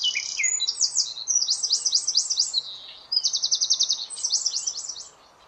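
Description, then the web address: Bird song of fast high trilled series, sharp downward-slurred notes repeated quickly, with a brief pause before a second trilled burst. "cianscape birddata Deverinetal 2025"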